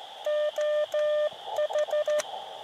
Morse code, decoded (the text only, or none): OH